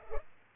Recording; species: mosquito wingbeat signal from an infrared sensor; Culex pipiens